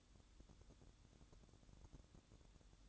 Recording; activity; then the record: daily activity, microphone in the room; light on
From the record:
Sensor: 3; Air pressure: 1007.9 hPa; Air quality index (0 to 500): 102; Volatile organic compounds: 1 ppm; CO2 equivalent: 854 ppm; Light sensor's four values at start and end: 9/21/8/8 and 15/38/16/15